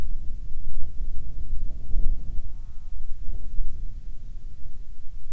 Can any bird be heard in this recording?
no